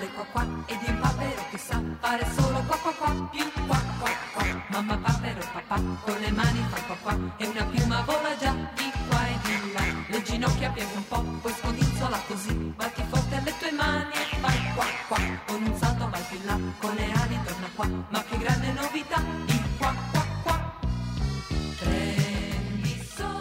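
A bouncy novelty party dance tune plays loudly, driven by a steady, pumping oom-pah beat and a chirpy, repeating melody, with quacking-like accents and a short change of texture near the end.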